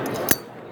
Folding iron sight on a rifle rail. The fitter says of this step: Lock into place on there.